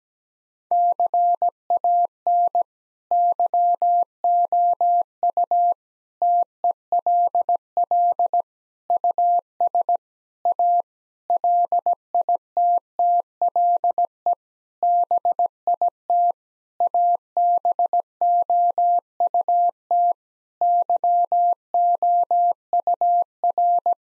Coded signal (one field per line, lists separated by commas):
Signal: Morse code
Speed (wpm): 17 wpm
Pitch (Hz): 700 Hz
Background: none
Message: CAN YOU TELL US A LITTLE BIT ABOUT YOUR